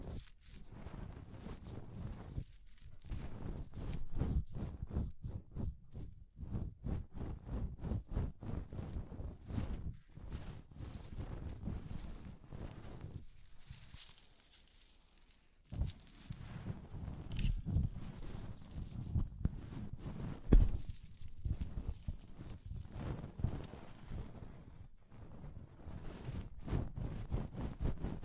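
Quick, uneven tapping and scratching run through the whole clip, dense and mostly dull and low, like fingertips working over a surface. A few brief pauses break the rhythm near 3, 15 and 25 seconds, and one sharper tap stands out around 21 seconds.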